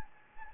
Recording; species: mosquito wingbeat signal from an infrared sensor; Anopheles gambiae